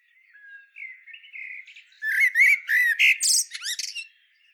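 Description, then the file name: Eurasian blackbird calling: soft, thin warbled notes build into a run of loud, harsh, scratchy squawks delivered in quick succession. "Turdus merula"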